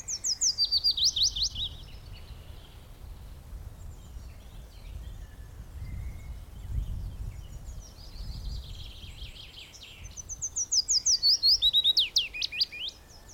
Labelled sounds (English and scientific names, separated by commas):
Willow Warbler (Phylloscopus trochilus)